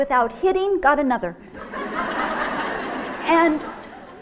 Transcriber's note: laughter